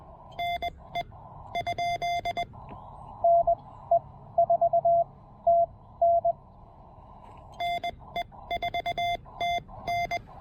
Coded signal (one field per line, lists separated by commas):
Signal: Morse code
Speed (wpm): 20 wpm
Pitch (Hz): 690 Hz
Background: radio noise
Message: NE? NE4TN NE4TN